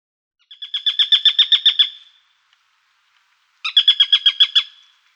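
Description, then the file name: Eurasian sparrowhawk uttering two quick series of high, sharp, insistent notes, the first longer than the second, with a pause between. "sparviere"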